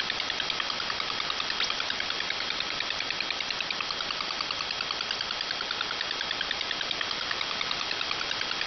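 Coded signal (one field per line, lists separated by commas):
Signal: multi-tone FSK (Olivia or MFSK type)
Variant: 4-FSK, 4 channels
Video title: MFSK Oddity, 4 FSK, 4 channel, 32 bit cycle, 100ms interval, 4kHz BW, 15905kHz, 6Nov2021, 2156z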